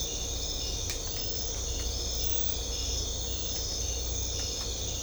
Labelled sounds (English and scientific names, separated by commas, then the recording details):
none
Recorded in secondary vegetation near Puerto Asís, Putumayo, Colombia, on 18 December 2024 at 02:30
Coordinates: 0.500, -76.326
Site G065